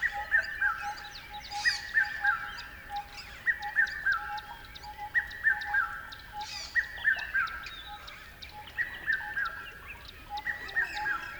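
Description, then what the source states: Bird repeating short clipped phrases of two or three notes at regular intervals, over a steady tone and scattered sharp ticks. Recorded beside a river at dawn.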